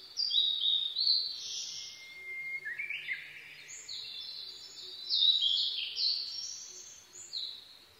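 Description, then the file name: Blue-and-white flycatcher song, a string of bright high whistled phrases with quick slurred notes, repeated with short pauses. Recorded 22 May 2011 at 04:34. "ooruri 20110522-0434"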